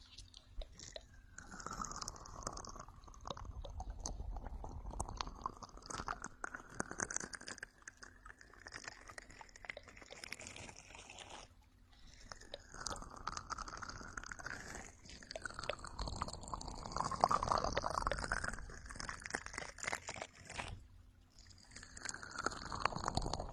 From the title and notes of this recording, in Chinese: 眠音哄睡 洗脸刷 流水棒。